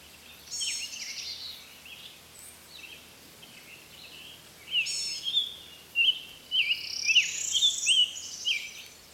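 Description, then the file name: Summer tanager song: after a few faint high chips, a run of short, slurred, rising-and-falling whistled phrases in quick succession, with other high bird notes around them. "طائر التانجر الصيفي"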